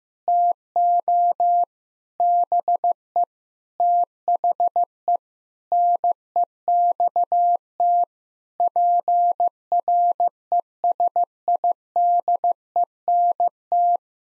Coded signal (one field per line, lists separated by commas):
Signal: Morse code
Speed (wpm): 15 wpm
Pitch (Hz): 700 Hz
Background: none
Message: TO BE THE NEXT PRESIDENT